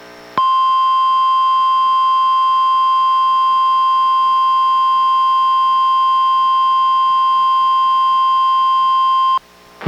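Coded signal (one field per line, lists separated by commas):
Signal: Emergency Alert System (SAME) tones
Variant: 1050 Hz attention tone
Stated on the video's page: NWR Required Weekly Test issued by NWS and relayed by a NOAA Weather Radio station, recorded from a weather radio receiver into an audio recorder.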